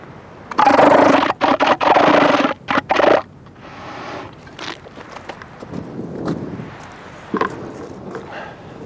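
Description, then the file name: Southern elephant seal giving a loud, harsh pulsed call in broken bursts over about two and a half seconds, with throbbing pulses and short gaps, followed by quieter scattered sounds. Adult male; pulsed call. "Sth elephant seal ia male pulsed"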